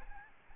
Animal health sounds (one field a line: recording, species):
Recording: mosquito wingbeat signal from an infrared sensor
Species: Aedes albopictus